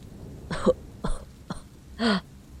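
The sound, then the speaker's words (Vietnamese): A dying man, straining his last breath, coughs in four harsh, hacking bursts spaced about half a second apart. The last one is the longest and loudest, with a rough, throaty rasp. “Người đàn ông ho lên sù sù, cố dồn hết hơi tàn ho một tràng rút ruột, rồi nói liền một mạch.”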